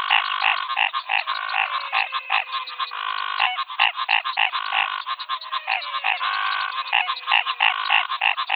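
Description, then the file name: Frog chorus, a dense wall of overlapping croaking calls from many frogs, continuing throughout. Frog chorus in the Pantanal, Brazil, in 2022. "Froggy Rush Hour Pantanal Brazil"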